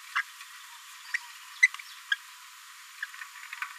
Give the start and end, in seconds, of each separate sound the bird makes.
0.15-0.21, 1.14-1.17, 1.62-1.67, 2.11-2.15, 3.02-3.05